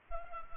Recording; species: mosquito wingbeat signal from an infrared sensor; Culex pipiens